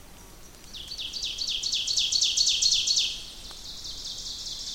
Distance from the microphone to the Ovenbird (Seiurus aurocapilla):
about 20 m